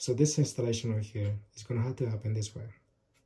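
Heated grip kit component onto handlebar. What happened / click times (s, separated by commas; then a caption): Handled, not yet home: no seating click before the clip ends / none. Someone talks while handling a plastic grip housing from a Sharkset heated motorcycle grip kit, getting it ready to go onto the handlebar assembly. Speech fills the clip until about 2.8 s, then it goes quiet. Nothing has seated or clicked yet.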